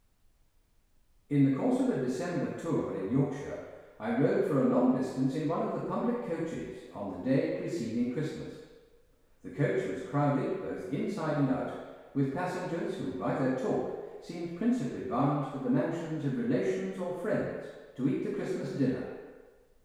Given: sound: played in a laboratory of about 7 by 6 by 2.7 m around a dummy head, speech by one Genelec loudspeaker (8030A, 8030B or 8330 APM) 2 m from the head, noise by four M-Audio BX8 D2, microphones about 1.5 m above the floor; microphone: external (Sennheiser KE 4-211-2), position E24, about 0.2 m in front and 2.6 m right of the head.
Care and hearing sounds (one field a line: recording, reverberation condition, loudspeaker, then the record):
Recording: male speech in English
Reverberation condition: high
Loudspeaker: 60 degrees to the right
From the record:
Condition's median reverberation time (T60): about 1300 ms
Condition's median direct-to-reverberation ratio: about -4.0 dB